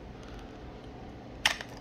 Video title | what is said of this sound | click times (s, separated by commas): White River FC 3.5 Pro CPM 3V review with barking dogs... 😆 | see you can hear it snapping out | 1.5 s